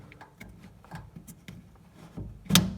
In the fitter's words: and turn it and you should click in make sure all three lugs are secure just